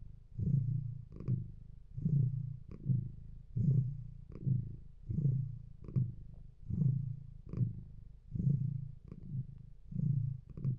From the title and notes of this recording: Just three quarters of an hour of the good cat boy Bilbo purring.